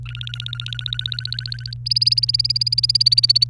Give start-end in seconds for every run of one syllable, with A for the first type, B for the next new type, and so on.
0.05-1.74 A, 1.86-3.44 B